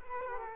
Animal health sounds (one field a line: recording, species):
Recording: mosquito wingbeat signal from an infrared sensor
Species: Culex quinquefasciatus